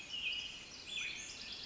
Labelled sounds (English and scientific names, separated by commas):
Pacific Wren (Troglodytes pacificus)